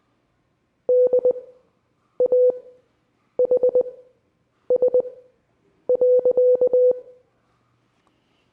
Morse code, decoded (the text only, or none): DAHS.